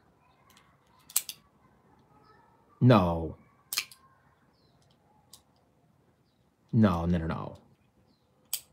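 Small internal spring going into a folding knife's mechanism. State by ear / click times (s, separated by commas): seated / 8.5 s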